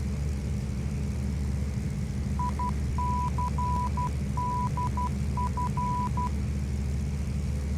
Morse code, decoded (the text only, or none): ICDF